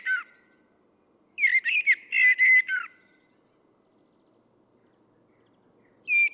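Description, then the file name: Common blackbird: a thin high falling trill, then a burst of rich warbling notes with a twittered ending, followed by silence and the start of a new phrase. "Turdus merula"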